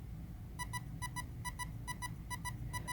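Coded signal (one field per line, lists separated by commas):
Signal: beep code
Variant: Castle Creations speed controller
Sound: quick double beeps repeating about every half second, six pairs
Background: low background rumble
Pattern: 2 short, repeated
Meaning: The setting has been registered as option one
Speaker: that beeping is indicating that it has registered back as its option one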